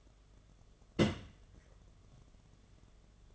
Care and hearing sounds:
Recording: daily activity, microphone in the room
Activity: place on stove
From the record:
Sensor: 4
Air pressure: 1011.2 hPa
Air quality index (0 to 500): 140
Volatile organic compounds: 3 ppm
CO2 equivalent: 1438 ppm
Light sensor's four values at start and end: 223/583/246/258 and 227/591/250/262

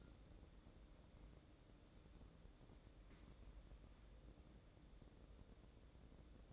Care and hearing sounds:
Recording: daily activity, microphone in the room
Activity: wipe stove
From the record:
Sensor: 3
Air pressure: 1012.3 hPa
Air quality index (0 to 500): 180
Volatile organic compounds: 3 ppm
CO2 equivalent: 1372 ppm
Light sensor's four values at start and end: 574/1429/590/606 and 573/1426/589/604

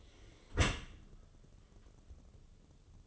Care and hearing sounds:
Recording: daily activity, microphone in the room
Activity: close dishwasher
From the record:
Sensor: 4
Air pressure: 1015.8 hPa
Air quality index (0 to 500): 93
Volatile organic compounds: 2 ppm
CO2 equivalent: 1035 ppm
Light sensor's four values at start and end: 9/19/8/7 and 9/19/7/7

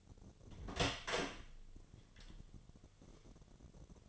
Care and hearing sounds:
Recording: daily activity, microphone in the room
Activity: open door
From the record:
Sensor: 4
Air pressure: 1008.1 hPa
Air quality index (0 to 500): 183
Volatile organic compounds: 5 ppm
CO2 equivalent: 1832 ppm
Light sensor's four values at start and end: 25/79/30/29 and 23/73/27/26

